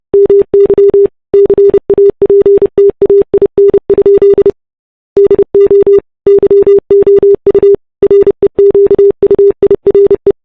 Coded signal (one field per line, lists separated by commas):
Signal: Morse code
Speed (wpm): 28 wpm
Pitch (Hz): 400 Hz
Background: none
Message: MY CAPTAIN? DO YOU REQUIRE